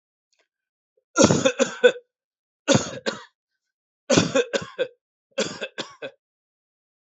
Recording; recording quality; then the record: heavy voluntary cough; excellent, no background noise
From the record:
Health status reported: healthy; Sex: male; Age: 41 years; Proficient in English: yes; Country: India